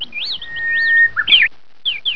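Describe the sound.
Bird chirping: quick looping whistled notes rise and fall over a long steady whistle, then a burst of slurred chirps and two short downward notes.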